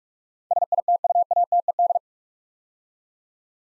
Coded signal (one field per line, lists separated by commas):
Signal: Morse code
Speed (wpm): 44 wpm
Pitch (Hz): 700 Hz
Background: none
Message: SITUATED